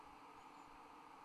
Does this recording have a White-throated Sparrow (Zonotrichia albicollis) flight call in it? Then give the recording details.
no. No flight call is heard. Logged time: 11:51 on 30 November 2014